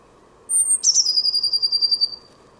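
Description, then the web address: Bird call: a single high, thin note, then a quick run of even pulses in a trill lasting just over a second. Soft hum behind. "Deverinetal 2025 File origin Bird Only Cy Ca"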